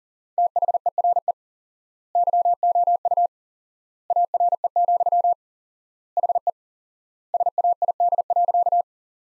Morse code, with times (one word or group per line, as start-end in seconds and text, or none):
0.4-1.3 THERE
2.2-3.3 YOU
4.1-5.3 ARE,
6.2-6.5 HE
7.3-8.8 SAID.